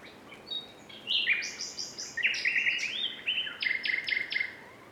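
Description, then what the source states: Common nightingale song: several varied bursts of rapid repeated notes in quick sequence against a soft background hiss. Several nightingales singing together, recorded in quadraphonic sound.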